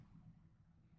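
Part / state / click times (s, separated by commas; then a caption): plastic shoulder joint into model kit torso / not seated / none. The second plastic shoulder joint of a model kit is handled as it is slid toward the torso, heard only as a steady low rumble with no sharp sounds. The clip ends just before the part goes home, so nothing has seated or clicked yet.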